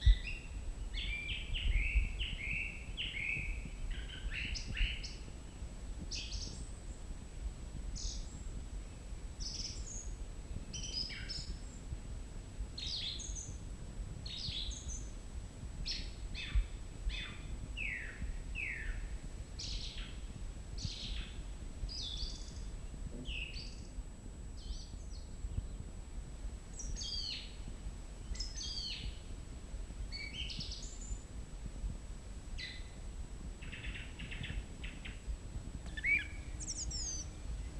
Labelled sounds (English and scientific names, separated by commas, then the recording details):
Song Thrush (Turdus philomelos) song
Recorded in the wild
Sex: male
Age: adult
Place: Mežakla, Julijske Alpe, Gorenjska, SI
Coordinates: 46.4, 14
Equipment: Uher 4000, Phillips Mikrofon
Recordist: Brunner, Thomas
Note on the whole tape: Frühjahr 1968, in der Nähe des Schuppens auf Mesakla aufgenommen